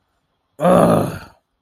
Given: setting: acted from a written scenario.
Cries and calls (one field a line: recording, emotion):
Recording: vocal sound without words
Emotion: anger